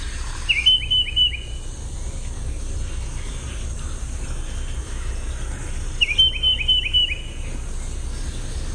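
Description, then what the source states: Tufted Titmouse song, two whistled phrases of a few quick slurred notes, each under a second, several seconds apart, over a low steady background noise. Song rendered as peter, peter, peter; easy to learn; very vocal for most of the year.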